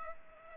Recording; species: mosquito wingbeat signal from an infrared sensor; Culex pipiens